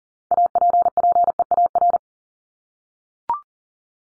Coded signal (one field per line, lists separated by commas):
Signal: Morse code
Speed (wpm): 40 wpm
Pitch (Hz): 700 Hz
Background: none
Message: APPEAR